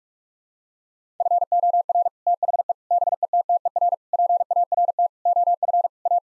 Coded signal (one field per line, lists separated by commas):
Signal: Morse code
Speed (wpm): 46 wpm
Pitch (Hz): 700 Hz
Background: none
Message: FOR THE BETTER PART OF A